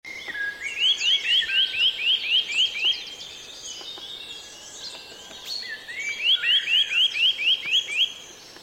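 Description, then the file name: Eurasian nuthatch giving two runs of about eight quick rising whistled notes, amid a busy chorus of other birds. "Sitta europaea"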